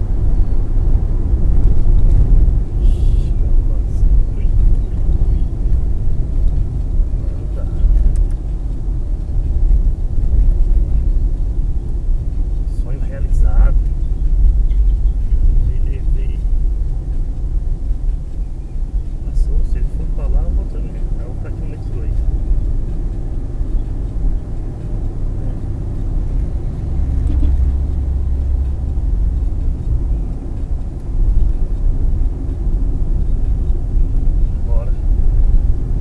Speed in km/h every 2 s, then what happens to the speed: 77, 67, 62, 57, 55, 49, 47, 48, 50, 53, 59, 66, 70, 71, 69, 68, 65, 69.
0-11 slows to 47. 11-17 steady at about 48. 17-25 speeds up to 71. 25-36 steady at about 69.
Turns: none.